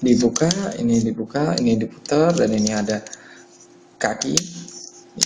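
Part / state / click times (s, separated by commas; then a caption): plastic leg piece on a transforming toy figure / seated / 5.2 s. Someone talks while transforming a plastic toy figure into its bird mode, opening and turning parts before fitting the plastic leg piece into position. A few faint plastic ticks follow, then the leg piece clicks into place with a sharp click at 5.2 s, completing the bird mode.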